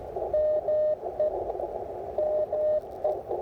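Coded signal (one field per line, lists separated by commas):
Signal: Morse code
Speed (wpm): 18 wpm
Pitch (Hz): 590 Hz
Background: none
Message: ME ME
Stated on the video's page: Park activation with an Icom IC-705 in gusty winds.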